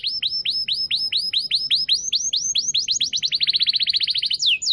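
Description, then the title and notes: Atlantic canary singing: evenly spaced rising whistled notes that speed up into a fast rattling trill, followed by one sliding note. Song used as a lure to attract birds. "Pikat Burung Baru. kenari"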